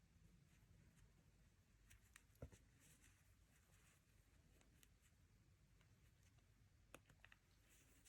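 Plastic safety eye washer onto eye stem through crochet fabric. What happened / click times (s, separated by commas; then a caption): A small plastic washer ratchets down its stem with a series of clicks / 2.2 s, 4.8 s, 7.0 s, 7.2 s, 7.3 s. A plastic locking washer is pushed down the ridged stem of a plastic safety eye set through the crochet fabric of a crochet pony's head. Small ratchet-like clicks sound at 2.2, 4.8, 7.0, 7.3 and 7.3 seconds over a quiet background. The washer ends up seated all the way to the end of the stem.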